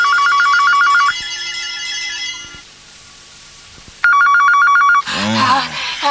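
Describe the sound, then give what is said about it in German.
A telephone rings twice at 3 a.m. with a rapid, high electronic trill, each ring about a second long, separated by a quiet gap with a fading hum. A voice starts speaking right after the second ring. “Und dann klingelt das Telefon um 3 Uhr nachts zum zweiten Mal.”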